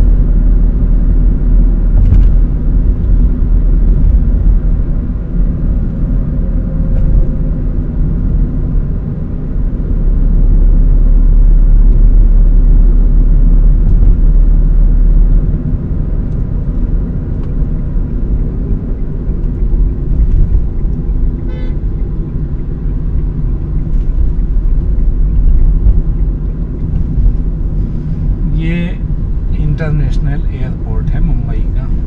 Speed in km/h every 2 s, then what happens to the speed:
57, 57, 56, 53, 50, 51, 52, 53, 50, 39, 36, 35, 34, 35, 32, 32.
0-7 slows to 50. 7-14 steady at about 51. 14-19 slows to 36. 19-32 steady at about 34.